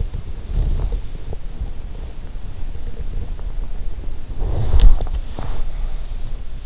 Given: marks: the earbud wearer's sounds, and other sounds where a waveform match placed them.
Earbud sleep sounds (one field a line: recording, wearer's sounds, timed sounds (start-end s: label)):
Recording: sounds in sleep by an in-ear microphone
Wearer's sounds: body movement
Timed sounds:
0.00-5.85 s: body movement